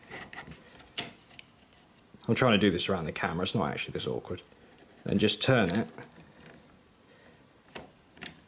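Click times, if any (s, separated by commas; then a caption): 8.3 s. During a spring change on an S&T SMLE airsoft Lee Enfield replica, the slid-forward bolt/cylinder assembly is turned into the receiver of the bolt-action rifle while someone talks, with scattered handling clicks and knocks early on and around 7.8 s. A sharp click at 8.3 s marks the assembly locking in place, confirming it has seated.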